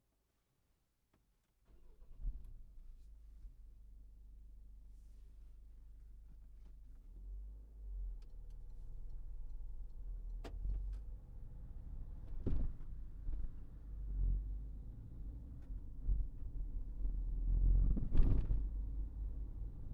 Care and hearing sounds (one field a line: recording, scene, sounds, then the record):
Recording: everyday scene through a hearing-aid microphone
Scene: in a vehicle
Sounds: engine starting, driving off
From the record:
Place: Berlingo II, diesel engine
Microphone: behind the ear, right, rear